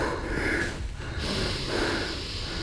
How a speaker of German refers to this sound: Wir atmen in den Bauch.